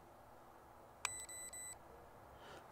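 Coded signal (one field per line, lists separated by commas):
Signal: none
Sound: a drone's status beeps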